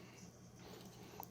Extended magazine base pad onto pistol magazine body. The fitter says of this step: get that this wiggle and there it just popped and clicked into place